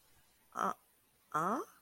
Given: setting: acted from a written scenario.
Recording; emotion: vocal sound without words; confusion